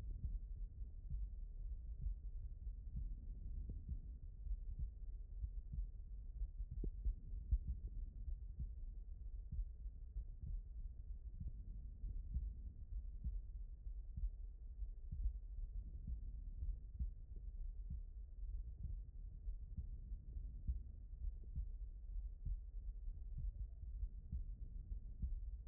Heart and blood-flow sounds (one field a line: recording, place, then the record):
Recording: heart sounds by stethoscope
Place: aortic valve (AV)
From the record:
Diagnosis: non-HFrEF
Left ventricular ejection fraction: 58%